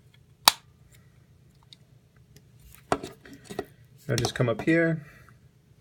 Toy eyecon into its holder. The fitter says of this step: Clip that in.